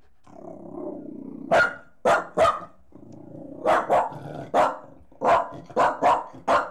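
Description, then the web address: Dog barking in several sharp yaps in short runs, with low rumbling between them. Jack Russell Terrier and Corgi cross dog, leaping. "BBC Sound Effects Library. Jack Russel Corgi Cross Leaping"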